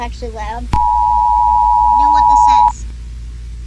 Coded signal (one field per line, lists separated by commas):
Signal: Emergency Alert System (SAME) tones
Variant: 853 and 960 Hz attention tone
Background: speech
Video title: eas but with entitys